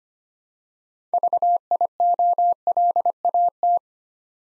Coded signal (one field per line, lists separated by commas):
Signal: Morse code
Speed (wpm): 25 wpm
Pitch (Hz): 700 Hz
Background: none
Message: VIOLAT